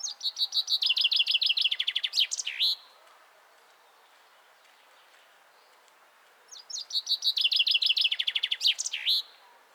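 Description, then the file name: Common chaffinch singing two full phrases about four seconds apart, each a fast run of repeated chipping notes that drops in pitch and ends in a quick flourish. "Fringilla coelebs"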